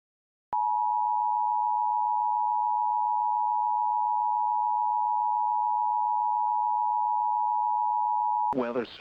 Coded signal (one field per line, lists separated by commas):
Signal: Emergency Alert System (SAME) tones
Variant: 853 and 960 Hz attention tone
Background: speech